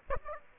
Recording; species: mosquito wingbeat signal from an infrared sensor; Aedes aegypti